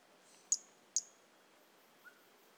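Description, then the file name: Pumpkin toadlet call: two short, sharp, very high chirps about half a second apart, then a faint softer note, over a steady background hiss. Individual 02, recorded 18 January 2018; specimen not collected. "Brachycephalus mirissimus 18 jan 2018 individual 02 ex 01 A E Confetti not collected"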